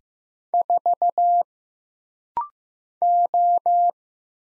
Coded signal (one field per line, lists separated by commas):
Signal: Morse code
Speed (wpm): 15 wpm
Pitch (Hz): 700 Hz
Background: none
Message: 4 O